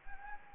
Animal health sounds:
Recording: mosquito wingbeat signal from an infrared sensor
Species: Anopheles gambiae

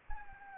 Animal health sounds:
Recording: mosquito wingbeat signal from an infrared sensor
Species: Anopheles arabiensis

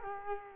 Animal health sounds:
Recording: mosquito wingbeat signal from an infrared sensor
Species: Culex quinquefasciatus

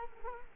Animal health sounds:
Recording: mosquito wingbeat signal from an infrared sensor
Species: Culex quinquefasciatus

